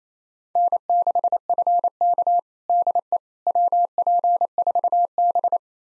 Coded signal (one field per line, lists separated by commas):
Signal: Morse code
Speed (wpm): 27 wpm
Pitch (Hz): 700 Hz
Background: none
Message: N6FK DE WP4B